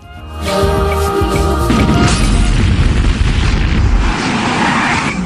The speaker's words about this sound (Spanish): Parece que hubo una explosión en la casa de los Simpson.